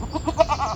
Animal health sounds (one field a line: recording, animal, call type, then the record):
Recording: contact call of a hoofed animal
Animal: goat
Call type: low-frequency (closed-mouth) or high-frequency (open-mouth) call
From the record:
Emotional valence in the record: negative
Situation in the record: short social isolation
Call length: 0.76 s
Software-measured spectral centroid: 1900 Hz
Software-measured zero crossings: 1980 a second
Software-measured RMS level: -23 dBFS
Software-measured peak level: -3 dBFS